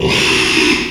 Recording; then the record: squeal of a Yucatan mini pig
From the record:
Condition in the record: after surgery on the right vocal fold (resection and tissue-engineered implant); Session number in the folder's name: 1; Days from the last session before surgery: 6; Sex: male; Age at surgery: 12 weeks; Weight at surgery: 13 kg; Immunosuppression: cyclosporine, prednisolone